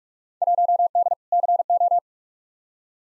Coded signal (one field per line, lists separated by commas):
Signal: Morse code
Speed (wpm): 46 wpm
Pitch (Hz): 700 Hz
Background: none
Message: 1D CO